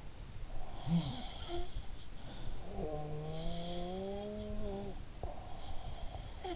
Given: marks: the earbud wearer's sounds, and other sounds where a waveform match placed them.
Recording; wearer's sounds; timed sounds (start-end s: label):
sounds in sleep by an in-ear microphone; snoring breath
0.58-6.56 s: sound from someone else or the room
2.17-6.56 s: snoring breath